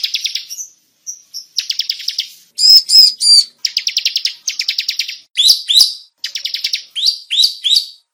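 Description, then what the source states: Bar-winged prinia calls: dense trilled chip bursts alternating with loud buzzy high notes and upslurred chirps, in short phrases with brief gaps. Call used as a lure to attract birds.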